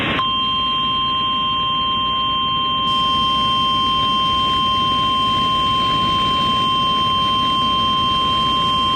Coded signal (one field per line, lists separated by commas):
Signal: Emergency Alert System (SAME) tones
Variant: 1050 Hz attention tone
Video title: Trouble Brews In Louisiana... | EAS Alerts from 12/13/2022 (EAS #2046-2050)